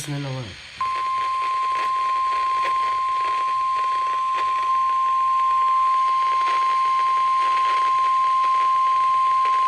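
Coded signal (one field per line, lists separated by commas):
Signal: Emergency Alert System (SAME) tones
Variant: 1050 Hz attention tone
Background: speech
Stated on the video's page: Coastal flood warning and required weekly test during a minor nor'easter.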